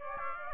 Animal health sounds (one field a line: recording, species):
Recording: mosquito wingbeat signal from an infrared sensor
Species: Aedes aegypti